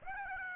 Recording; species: mosquito wingbeat signal from an infrared sensor; Aedes aegypti